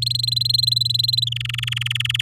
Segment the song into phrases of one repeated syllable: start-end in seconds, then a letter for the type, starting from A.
0.02-1.29 A, 1.32-2.22 B